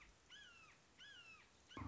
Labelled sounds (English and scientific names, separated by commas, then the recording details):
Red-shouldered Hawk (Buteo lineatus)
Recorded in Sonoma County, California